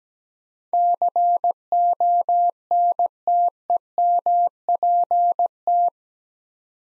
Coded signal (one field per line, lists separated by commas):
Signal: Morse code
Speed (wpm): 17 wpm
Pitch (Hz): 700 Hz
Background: none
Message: CONTEMPT